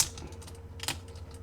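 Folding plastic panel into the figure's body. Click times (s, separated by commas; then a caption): 0.0 s. A stiff folding panel on a plastic FT Transformers Optimus Prime figure is pushed into the figure's body during transformation, giving a sharp, loud click at 0.0 s as it locks into position. Softer clicks follow at about 0.2, 0.8 and 0.9 s over a steady low hum.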